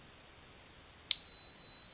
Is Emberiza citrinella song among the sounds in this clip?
no